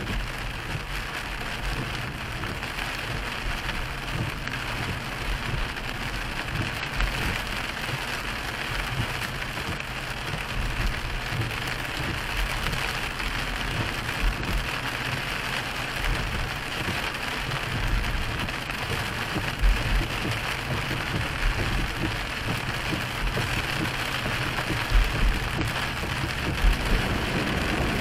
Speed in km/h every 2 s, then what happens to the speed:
45, 47, 48, 48, 47, 47, 45, 47, 47, 47, 47, 48, 50, 50.
0-28 steady at about 47.